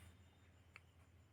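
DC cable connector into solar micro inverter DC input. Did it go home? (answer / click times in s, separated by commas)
yes / 0.8 s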